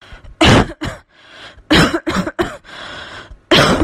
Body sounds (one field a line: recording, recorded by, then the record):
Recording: voluntary cough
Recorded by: messaging app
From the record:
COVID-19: negative